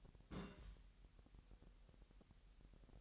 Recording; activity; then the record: daily activity, microphone in the room; place on stove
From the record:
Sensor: 3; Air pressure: 1001.9 hPa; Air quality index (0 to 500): 244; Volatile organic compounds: 47 ppm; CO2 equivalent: 3249 ppm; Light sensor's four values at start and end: 6/15/6/6 and 6/15/6/6